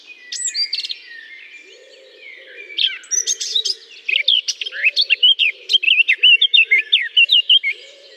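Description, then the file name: Eurasian blackcap in a lively warble that ends in a rhythmic series of clear whistled notes, with soft, low repeated sounds in the background. Singing from within a holly bush. "chant de fauvette a tete noire dans houx"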